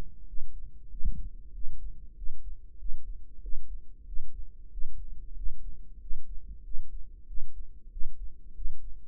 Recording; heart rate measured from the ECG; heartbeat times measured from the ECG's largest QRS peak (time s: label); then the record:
heart sounds by microphone in the right ear; 94 bpm
0.29 s: heartbeat
0.92 s: heartbeat
1.55 s: heartbeat
2.18 s: heartbeat
2.80 s: heartbeat
3.44 s: heartbeat
4.08 s: heartbeat
4.73 s: heartbeat
5.37 s: heartbeat
6.02 s: heartbeat
6.66 s: heartbeat
7.29 s: heartbeat
7.92 s: heartbeat
8.56 s: heartbeat
From the record:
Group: healthy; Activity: rest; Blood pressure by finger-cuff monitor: 138/73 mmHg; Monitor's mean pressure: 92 mmHg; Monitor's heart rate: 95 bpm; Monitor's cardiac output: 8.3 L/min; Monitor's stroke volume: 87 mL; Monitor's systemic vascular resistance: 830 dyn s/cm5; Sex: male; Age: 21 years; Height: 175 cm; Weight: 72.6 kg